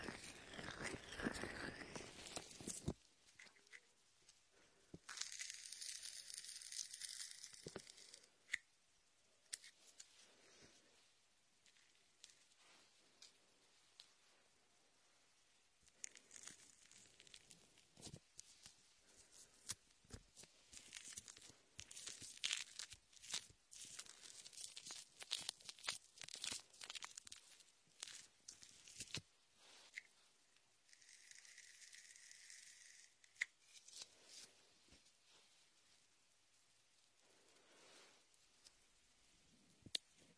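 A latex ear massage with shaving foam: bursts of crinkly, hissing rubbing and squelching come and go, loudest in the first three seconds, around 5–8 seconds, and through 16–30 seconds. Between them are quieter stretches with small clicks and soft brushing.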